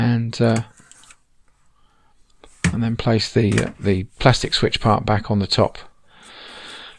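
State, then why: Not seated. Someone talks while handling the plastic switch part of a Thetford caravan cassette toilet, bringing it back onto the top of the unit, with faint handling noises between the words. Nothing has seated or clicked into place yet.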